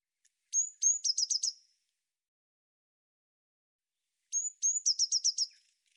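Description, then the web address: Eurasian blue tit calling twice, nearly four seconds apart, each time two thin, high whistles leading into a quick burst of buzzy notes. "cianscape birddata Deverinetal 2025 Bird Cy Ca"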